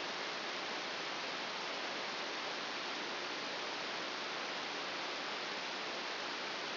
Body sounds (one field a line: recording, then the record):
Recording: brain microelectrode recording played as sound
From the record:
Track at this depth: inside the subthalamic nucleus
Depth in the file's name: 2.004 mm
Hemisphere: right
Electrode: 2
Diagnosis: Parkinson's disease